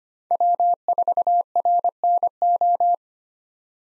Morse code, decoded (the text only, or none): W4RNO